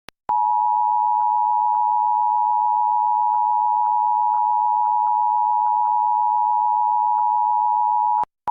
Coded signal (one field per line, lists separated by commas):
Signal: Emergency Alert System (SAME) tones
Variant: 853 and 960 Hz attention tone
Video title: Los Angeles Required Monthly Test (EAS #633-678) 7/25/23